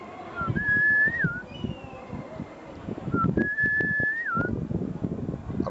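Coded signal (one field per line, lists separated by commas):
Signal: whistled language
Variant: Diola (Jola) whistled language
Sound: two matching whistled phrases, each a level tone then rising and dropping glide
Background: background voices and noise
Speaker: par exemple moi si les gens vulent m'appeler il PEV [Musique] dire alors ça un sens çaàdire dans le le truc il y a euh l'enfant assine assine c'est un patronyme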